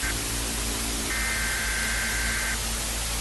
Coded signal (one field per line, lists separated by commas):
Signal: Emergency Alert System (SAME) tones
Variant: header bursts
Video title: Bloody rain, tapes nine EAS alarm ￼